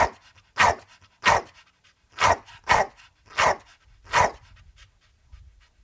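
Pit bull barking, six loud gruff barks at irregular intervals, with soft noises between them.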